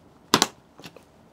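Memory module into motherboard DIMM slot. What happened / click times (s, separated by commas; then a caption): The memory module latched into its slot / 0.3 s, 0.4 s. A second 48 GB DDR5 memory module is pressed into a motherboard DIMM slot, producing two sharp clicks at 0.3 and 0.4 seconds as it latches, followed by a fainter rustle near 0.9 seconds. The module is confirmed seated in the slot.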